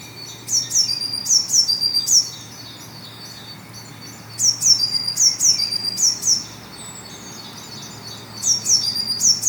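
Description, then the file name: Eurasian blue tit calls: three bursts of shrill, high notes that drop quickly in pitch, grouped in pairs, with brief pauses between bursts. "Cyanistes caeruleus"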